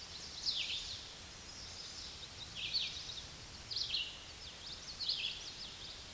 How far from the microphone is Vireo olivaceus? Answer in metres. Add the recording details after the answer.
about 25 m. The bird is about 20 m above the microphone. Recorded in a Pennsylvania forest on 16 May 2024 at 09:37. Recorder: AudioMoth, point MSD-2164. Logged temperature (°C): 15.8 °C. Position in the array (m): 181 m, 75 m